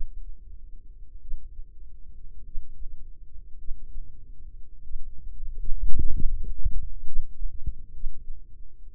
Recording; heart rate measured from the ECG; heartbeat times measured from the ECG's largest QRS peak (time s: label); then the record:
heart sounds by microphone in the left ear; 54 bpm
1.20 s: heartbeat
2.44 s: heartbeat
3.57 s: heartbeat
4.83 s: heartbeat
6.13 s: heartbeat
7.04 s: heartbeat
7.92 s: heartbeat
From the record:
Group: healthy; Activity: rest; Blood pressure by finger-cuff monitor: 102/59 mmHg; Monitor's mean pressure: 72 mmHg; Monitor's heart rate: 48 bpm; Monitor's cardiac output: 4.3 L/min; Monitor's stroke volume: 89 mL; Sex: female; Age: 36 years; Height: 163 cm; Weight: 88 kg